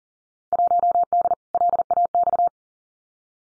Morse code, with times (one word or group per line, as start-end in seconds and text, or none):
0.5-1.3 1D
1.5-2.5 LAX